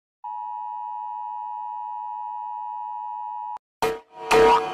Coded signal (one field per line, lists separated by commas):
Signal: Emergency Alert System (SAME) tones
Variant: 853 and 960 Hz attention tone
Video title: Rating EAS alarms part 5!